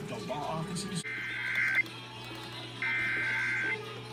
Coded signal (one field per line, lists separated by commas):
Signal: Emergency Alert System (SAME) tones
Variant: header bursts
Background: speech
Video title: Los Angeles Required Monthly Test (EAS #71-97) 5 25 21